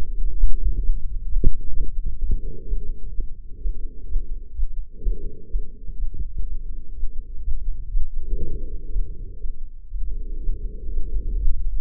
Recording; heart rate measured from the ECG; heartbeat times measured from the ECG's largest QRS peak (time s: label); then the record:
heart sounds by microphone in the left ear; 125 bpm
0.33 s: heartbeat
0.79 s: heartbeat
1.26 s: heartbeat
1.73 s: heartbeat
2.19 s: heartbeat
2.65 s: heartbeat
3.12 s: heartbeat
3.59 s: heartbeat
4.05 s: heartbeat
4.53 s: heartbeat
5.00 s: heartbeat
5.48 s: heartbeat
5.96 s: heartbeat
6.44 s: heartbeat
6.93 s: heartbeat
7.42 s: heartbeat
7.90 s: heartbeat
8.39 s: heartbeat
8.88 s: heartbeat
9.38 s: heartbeat
9.88 s: heartbeat
10.39 s: heartbeat
10.89 s: heartbeat
11.39 s: heartbeat
From the record:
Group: healthy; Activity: rest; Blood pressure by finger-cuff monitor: 128/66 mmHg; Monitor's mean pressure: 87 mmHg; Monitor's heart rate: 126 bpm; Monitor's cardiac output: 10.6 L/min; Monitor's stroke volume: 84 mL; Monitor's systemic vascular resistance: 610 dyn s/cm5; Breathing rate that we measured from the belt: 18 breaths a minute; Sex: female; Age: 43 years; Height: 160 cm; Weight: 90 kg